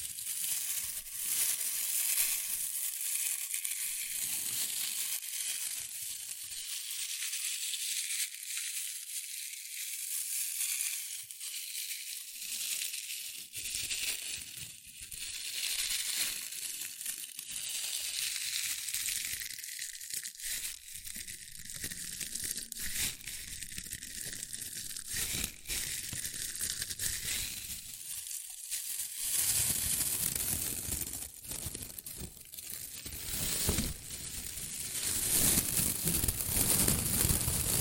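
Shredded tissue and packing peanuts rustle and crinkle almost without pause, a dense, bright crackle of many tiny pops. The handling swells and eases in waves, quieter around ten seconds, then grows louder and fuller with more low rumble after about twenty-nine seconds.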